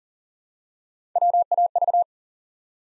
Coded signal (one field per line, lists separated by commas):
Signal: Morse code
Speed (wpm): 42 wpm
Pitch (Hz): 700 Hz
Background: none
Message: WAV